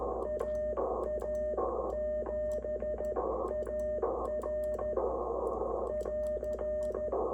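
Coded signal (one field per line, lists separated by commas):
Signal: Morse code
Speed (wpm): 13 wpm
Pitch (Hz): 610 Hz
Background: radio noise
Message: AA7AR <AR>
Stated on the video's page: K2 transceiver on its first bench test after unboxing, calling with no contacts made; the Reverse Beacon Network spotted it in four US states and two Canadian provinces.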